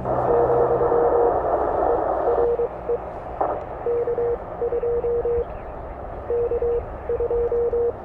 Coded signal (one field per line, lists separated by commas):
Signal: Morse code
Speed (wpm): 23 wpm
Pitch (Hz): 470 Hz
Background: radio noise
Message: , ERE K2 K2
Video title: K1 HAM Radio Beach Day.